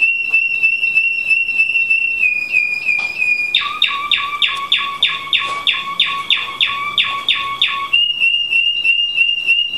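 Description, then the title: American Singer canary song with a level whistled trill, then a run of about a dozen quick two-tone chopped notes, returning to the steady whistle. "Kenari American Singer"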